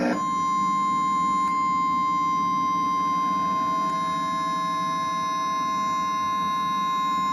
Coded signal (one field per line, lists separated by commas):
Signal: Emergency Alert System (SAME) tones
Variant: 1050 Hz attention tone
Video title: Emergency Alert System Tornado Warning E(July 21, 2010)